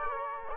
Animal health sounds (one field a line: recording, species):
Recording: mosquito wingbeat signal from an infrared sensor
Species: Culex quinquefasciatus